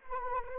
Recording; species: mosquito wingbeat signal from an infrared sensor; Anopheles arabiensis